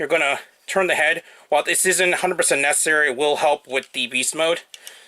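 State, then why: Not seated. Someone talks while transforming a Transformers Power of the Primes Deluxe Class Rippersnapper plastic action figure, turning its head so the beast-mode panel can slide over it. The panel is still being handled, and nothing has seated or clicked into place yet.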